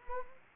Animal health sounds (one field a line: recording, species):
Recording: mosquito wingbeat signal from an infrared sensor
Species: Anopheles arabiensis